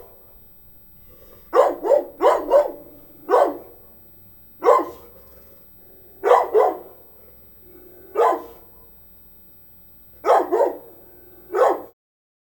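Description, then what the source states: Dog barking in clusters of two to four barks alternating with single barks, then abrupt silence. Medium-sized dog barking.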